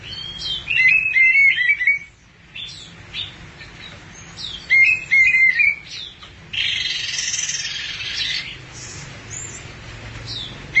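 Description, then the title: Thrush singing fast chattering phrases of twisting whistles, then a harsher buzzy rush of notes. "burung anis x"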